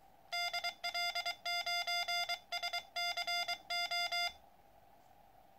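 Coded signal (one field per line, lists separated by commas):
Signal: Morse code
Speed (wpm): 28 wpm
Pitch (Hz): 720 Hz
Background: music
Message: DL9SCO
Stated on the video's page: Morse from first QSOs on a freshly built and aligned QCX Mini transceiver.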